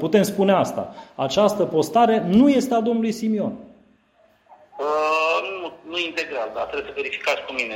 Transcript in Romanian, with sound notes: Putem spune asta – „această postare nu este a domnului Simion”.
(Pauză) Ăăă, nu integral, trebuie să verificați cu mine.